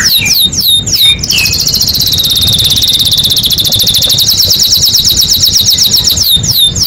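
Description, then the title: Canary song: a few quick downslurred notes, then a long, fast, rolling high trill lasting several seconds, ending with more sharp notes. Singing canary described as "gacor" (singing freely and nonstop), presented as a first-place competition champion. "Suara Kenari Gacor Suara Kicau Burung Kenari Gacor Juara 1"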